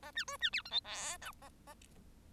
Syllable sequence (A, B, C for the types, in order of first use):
A B C B D E F G H A A